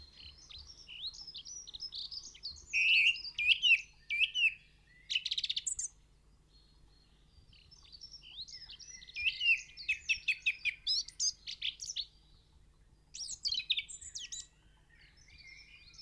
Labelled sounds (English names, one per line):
Song Thrush song